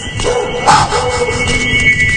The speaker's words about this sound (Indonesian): Melolong menggonggong sangat keras ke arahku. Seakan menatapku terus menggonggong dan melolong.